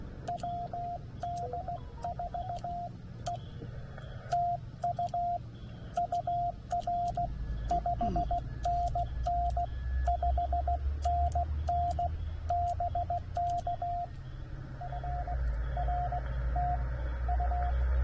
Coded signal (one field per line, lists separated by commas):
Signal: Morse code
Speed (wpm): 16 wpm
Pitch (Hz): 700 Hz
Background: radio noise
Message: WD4E TU UR 5NN 5NN BK FR TU